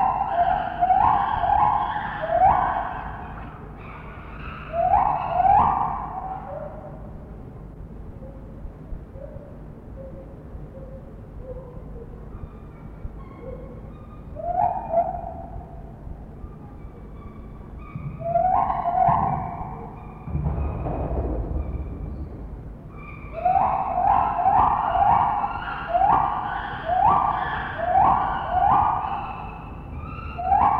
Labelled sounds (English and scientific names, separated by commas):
Lar Gibbon (Hylobates lar)